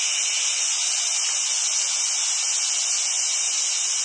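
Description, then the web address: Cicadas give a steady, dense, hissing buzz, high-pitched and unbroken throughout, with no other sounds standing out. "SFXSource Cicadas"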